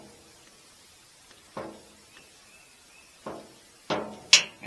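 A locking grease coupler is pulled off a grease fitting after the fitting is filled with grease. A few dull knocks come at about 1.6 s and 3.3 s, then the coupler pops off with a sharp, bright snap at 4.3 s, releasing from the fitting.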